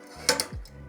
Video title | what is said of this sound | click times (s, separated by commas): How to Hoop Hats for Machine Embroidery (Step-by-Step for Beginners) | it locks in place onto the jig, and then I'll let this little piece kind of | 0.3 s